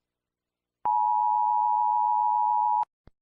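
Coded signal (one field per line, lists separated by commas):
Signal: Emergency Alert System (SAME) tones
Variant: 853 and 960 Hz attention tone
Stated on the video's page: Fictional Indonesian EAS scenario, made by the uploader.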